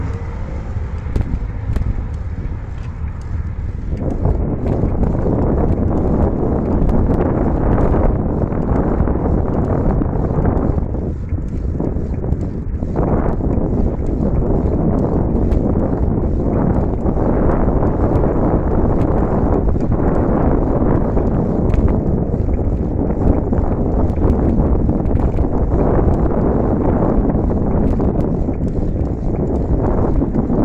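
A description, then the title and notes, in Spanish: A night bicycle ride: a steady, dense rumble and rush fills the whole clip, heavy in the low end with brief dips around 11 and 13 seconds. Frequent small clicks and rattles tick through it, and wind buffeting blows over the microphone. Bicicleta nocturna CU.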